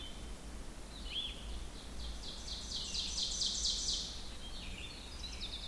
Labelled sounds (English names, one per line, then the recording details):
Ovenbird song
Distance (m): 45 m
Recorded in boreal forest in Alberta, Canada, on 16 June 2016 at 06:23
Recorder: SongMeter 3, array SBT-3-32
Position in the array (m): 161 m, 46 m
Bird 36